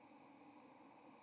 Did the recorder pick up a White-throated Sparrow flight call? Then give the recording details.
no. Another species' flight call is heard. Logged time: 08:10 on 30 October 2014